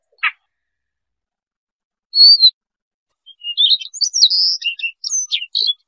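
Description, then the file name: Siberian rubythroat song: a short note and a high whistle, then a quick run of thin, high warbled and scratchy notes. "Tieng chim oanh co do"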